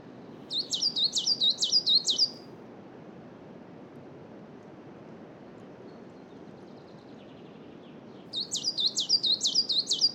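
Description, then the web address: Coal tit song, quick repeated high two-note phrases in a burst of about two seconds, a long pause, then another burst, with wind rustling throughout. Spring noon in a coniferous forest, with wind. "Justsoundeffects - Forest Ambiences BIRDSong Spring Noon Coniferous Forest Coal Tit Wind"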